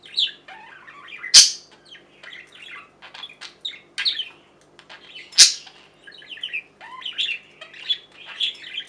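Budgerigar softly warbling and clicking, two sudden sharp chirps standing out about four seconds apart.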